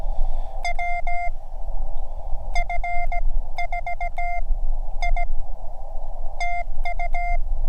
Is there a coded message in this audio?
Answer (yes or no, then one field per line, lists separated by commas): yes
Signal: Morse code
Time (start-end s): 0.6-7.4 s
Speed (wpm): 18 wpm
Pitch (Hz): 720 Hz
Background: none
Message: WF4I TU